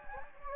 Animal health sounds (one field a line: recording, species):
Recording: mosquito wingbeat signal from an infrared sensor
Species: Anopheles gambiae